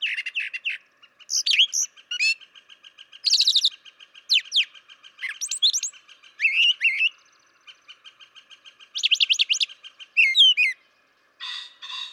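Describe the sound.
Brown Thrasher song: a rapid string of varied, high, chirpy and slurred phrases, several notes doubled, with a faint steady buzzy trill running underneath.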